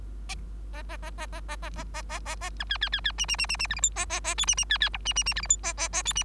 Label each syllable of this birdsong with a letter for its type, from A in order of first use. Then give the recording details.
A A A A A A A A A A A A B C C C C D D D D D E F G A A A H D D C C I D D D E F G A A A H D. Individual Bird3